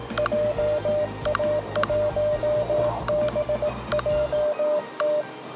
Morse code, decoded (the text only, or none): JA1BJT